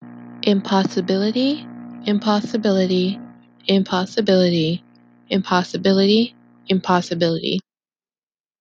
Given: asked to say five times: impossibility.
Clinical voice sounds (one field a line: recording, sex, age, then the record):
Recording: repeated word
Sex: female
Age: 20 to 29 years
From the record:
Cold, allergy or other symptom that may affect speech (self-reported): no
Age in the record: 22 years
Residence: New York, United States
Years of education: 16